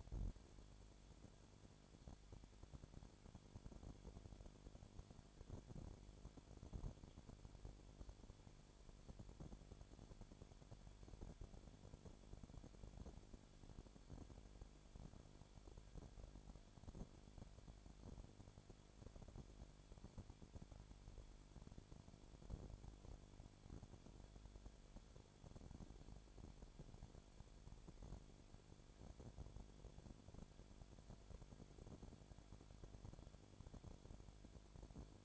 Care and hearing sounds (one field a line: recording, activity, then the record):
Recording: daily activity, microphone in the room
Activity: no activity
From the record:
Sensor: 5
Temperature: 20.2 degrees Celsius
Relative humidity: 36.5%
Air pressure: 1001.3 hPa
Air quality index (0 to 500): 177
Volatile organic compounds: 4 ppm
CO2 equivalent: 1617 ppm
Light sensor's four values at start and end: 2/3/1/1 and 2/3/1/1